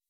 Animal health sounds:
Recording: hydrophone in a shrimp aquaculture tank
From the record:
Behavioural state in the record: weakened

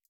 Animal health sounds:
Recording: hydrophone in a shrimp aquaculture tank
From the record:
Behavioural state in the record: feeding

